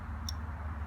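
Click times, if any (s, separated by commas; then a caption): 0.3 s. A wire terminal pin, turned 180 degrees, is pushed into a rear door harness connector housing during a push-start passive entry install on a 2013+ 4th Gen Ram. Over a steady low hum, a single short, sharp high-pitched click sounds at 0.3 s. The pin is confirmed clicked in and seated.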